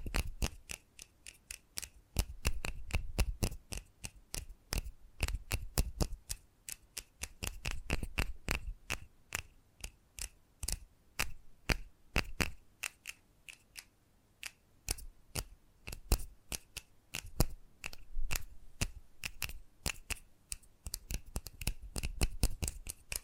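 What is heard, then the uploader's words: ASMR triggers made of quick, crisp tapping and clicking sounds, many sharp taps per second, bright and papery like shuffled cards or snipping scissors. The rhythm runs unevenly throughout, thickening into dense bursts and thinning into brief sparse gaps, with soft low thumps underneath. ASMR Hypnotizing Sensitive Triggers.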